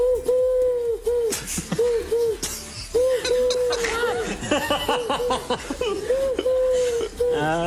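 A parrot mimics a pigeon's cooing in repeated low, throaty, wavering hoots, interspersed with chattering squawks and harsh bursts, fairly loud throughout.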